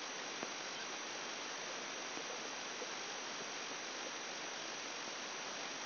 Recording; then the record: brain microelectrode recording played as sound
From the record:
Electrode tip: outside the subthalamic nucleus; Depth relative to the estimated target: -5 mm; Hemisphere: left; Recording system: AlphaMap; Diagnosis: Parkinson's disease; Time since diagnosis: 10 years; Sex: male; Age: 58 years